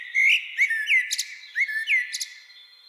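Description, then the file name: Common blackbird song in a short burst: several rich fluted notes sliding up and down, with sharp, high squeaky chips. "Turdus merula"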